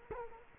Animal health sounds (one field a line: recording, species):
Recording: mosquito wingbeat signal from an infrared sensor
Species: Culex quinquefasciatus